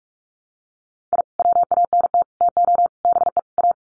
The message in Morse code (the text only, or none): I WANT TO BE A